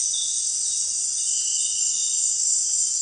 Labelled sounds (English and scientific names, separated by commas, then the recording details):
none
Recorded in dense forest near Puerto Asís, Putumayo, Colombia, on 25 June 2025 at 18:30
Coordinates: 0.466, -76.327
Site GP04